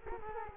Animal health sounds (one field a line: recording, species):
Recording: mosquito wingbeat signal from an infrared sensor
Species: Culex quinquefasciatus